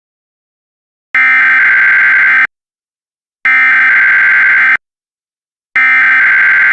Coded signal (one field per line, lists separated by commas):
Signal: Emergency Alert System (SAME) tones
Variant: header bursts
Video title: EAS Scenario #1 - The Moon Is Falling